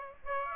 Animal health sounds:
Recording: mosquito wingbeat signal from an infrared sensor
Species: Aedes aegypti

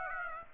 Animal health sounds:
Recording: mosquito wingbeat signal from an infrared sensor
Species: Aedes aegypti

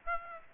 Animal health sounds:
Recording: mosquito wingbeat signal from an infrared sensor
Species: Aedes aegypti

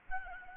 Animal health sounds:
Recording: mosquito wingbeat signal from an infrared sensor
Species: Aedes albopictus

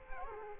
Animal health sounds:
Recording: mosquito wingbeat signal from an infrared sensor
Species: Culex quinquefasciatus

